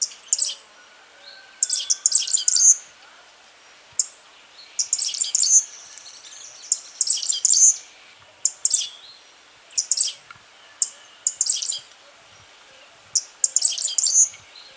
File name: Cuban Grassquit Tiaris canorus